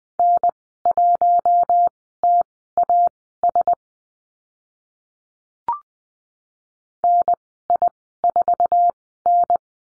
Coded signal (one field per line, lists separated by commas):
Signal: Morse code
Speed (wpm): 20 wpm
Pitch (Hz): 700 Hz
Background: none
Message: N1TAS NI4N